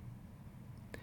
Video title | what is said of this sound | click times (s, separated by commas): MO Series Flushing Sponge Change | After that's done, put the cover down and it should lock into place. | 0.9 s